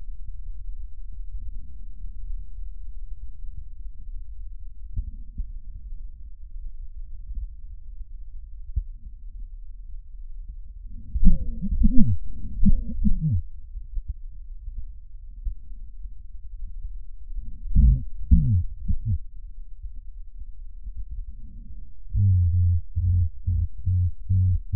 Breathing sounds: lung sounds by stethoscope; left posterior basal chest; quiet breathing, then cough and speech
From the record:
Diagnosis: none (healthy); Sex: male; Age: 34 years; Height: 174 cm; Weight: 93 kg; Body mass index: 30.7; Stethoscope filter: bell mode

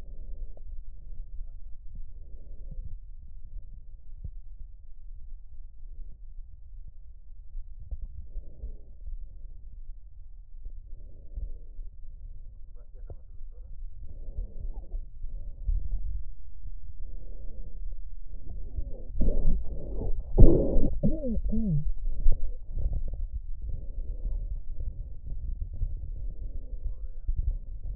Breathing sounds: lung sounds by stethoscope; left posterior apical chest; quiet breathing, then deep breathing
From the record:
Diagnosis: asthma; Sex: female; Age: 56 years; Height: 161 cm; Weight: 85 kg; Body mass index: 32.8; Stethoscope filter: extended mode

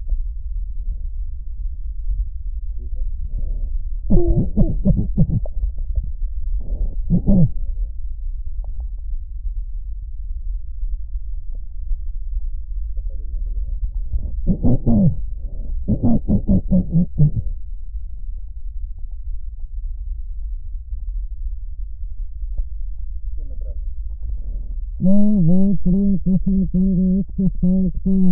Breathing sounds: lung sounds by stethoscope; left posterior basal chest; quiet breathing, then cough and speech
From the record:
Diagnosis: pulmonary infection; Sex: female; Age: 74 years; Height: 160 cm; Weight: 66 kg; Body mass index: 25.8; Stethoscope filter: extended mode

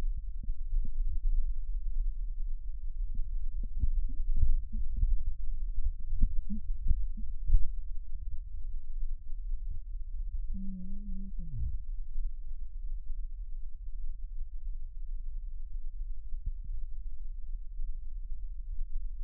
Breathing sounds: lung sounds by stethoscope; right posterior basal chest; quiet breathing, then cough and speech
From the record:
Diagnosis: asthma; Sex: female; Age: 66 years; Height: 172 cm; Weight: 76 kg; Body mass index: 25.7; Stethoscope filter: bell mode

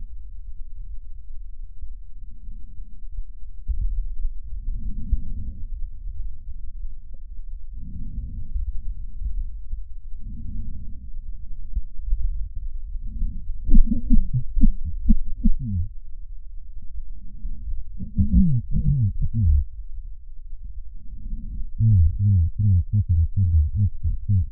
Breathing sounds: lung sounds by stethoscope; left posterior basal chest; quiet breathing, then cough and speech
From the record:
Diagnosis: none (healthy); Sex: male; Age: 45 years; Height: 173 cm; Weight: 92 kg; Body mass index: 30.7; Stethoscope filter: bell mode

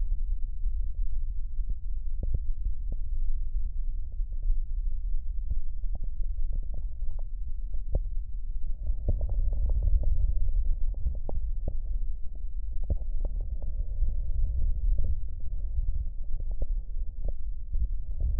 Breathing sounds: lung sounds by stethoscope; left posterior basal chest; quiet breathing, then deep breathing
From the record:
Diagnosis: COPD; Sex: male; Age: 77 years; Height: 164 cm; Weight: 58.2 kg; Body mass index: 21.6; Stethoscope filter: extended mode

